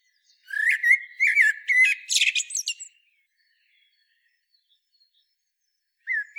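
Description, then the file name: Common blackbird song: a rich warbled opening runs into a squeaky high flourish, followed by silence and the start of another phrase. "Turdus merula"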